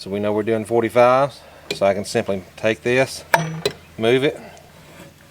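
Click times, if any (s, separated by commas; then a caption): none. Someone talks while handling a miter saw, starting to swing its turntable toward the 45-degree mark, where a metal detent on the saw base locks the angle at exactly 45 degrees. A few brief handling sounds come between the words. Nothing has clicked or locked in yet when the clip ends.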